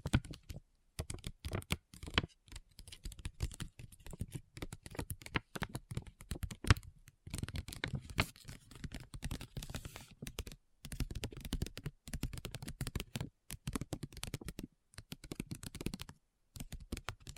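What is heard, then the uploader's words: Fast, dense tapping runs in bursts through the recording, each flurry made of quick clicky strikes that sound a little like typing or shuffled cards. Short silent gaps break it up, near 1, 7, 10.5, 15 and 16.5 seconds, before the tapping resumes. ASMR Addictive Tapping. (No Talking).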